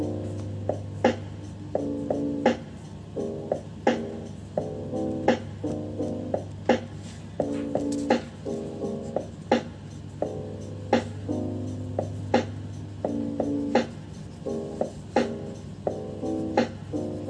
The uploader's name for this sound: bg music and scribbling sounds